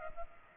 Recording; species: mosquito wingbeat signal from an infrared sensor; Culex pipiens